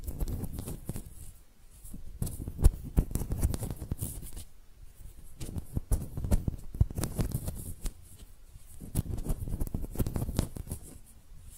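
Hand sounds rub and pat in uneven bursts, low and thumping with quick bright clicks, easing briefly around four and eight seconds.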